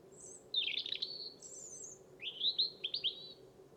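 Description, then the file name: European robin singing: a thin high whistle, then a liquid warbled phrase, another high squeaky note, and a quick run of short twittery notes over a steady low hum. "Erithacus rubecula"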